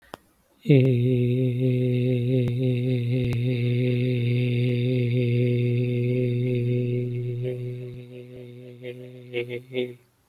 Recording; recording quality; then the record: sustained vowel as in made; excellent, no background noise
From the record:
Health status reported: COVID-19 positive, moderate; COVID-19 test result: positive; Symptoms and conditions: breathing difficulty, fever, fatigue, muscle pain, loss of smell and taste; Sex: male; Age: 27 years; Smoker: not ticked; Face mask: not worn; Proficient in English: yes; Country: India